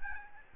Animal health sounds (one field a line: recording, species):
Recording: mosquito wingbeat signal from an infrared sensor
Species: Aedes albopictus